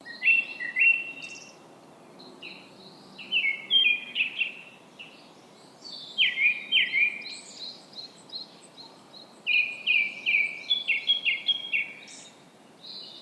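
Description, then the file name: Japanese thrush singing varied, clear whistled phrases of quick rising and falling notes, delivered in bursts with short pauses between them. "kurotugumi"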